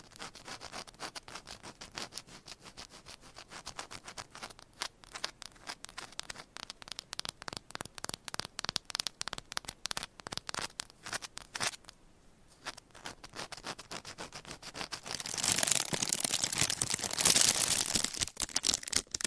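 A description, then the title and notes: Rapid tapping and scratching run throughout, a dense train of sharp, bright clicks with short gaps between bursts. Around twelve seconds there is a brief pause, then from about fifteen seconds the scratching grows louder and hissier, turning into a continuous rough rasp. ASMR Tapping and Scratching with 50 Different Mics , Items & Nails (No Talking).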